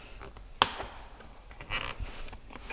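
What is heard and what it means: After the connector is fitted, a plastic cover lid is clipped back onto the connection housing of an Abacus Easi-Plan shower toilet frame. A sharp snap sounds at 0.6 s amid faint handling noises, and the lid is seated.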